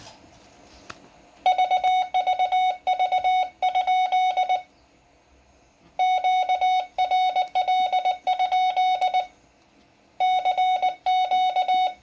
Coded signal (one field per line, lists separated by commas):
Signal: Morse code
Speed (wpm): 19 wpm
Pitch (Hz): 740 Hz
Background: none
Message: VVV? QRL? CQ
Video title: Tiny CW Paddle using a Phone Plug